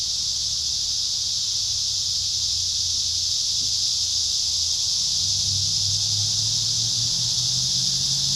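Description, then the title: Massed cicadas giving a loud, unbroken high-pitched hiss, with a low droning hum beneath it in the second half. Cicadas at Trinity. "neoscenes: cicadas at Trinity"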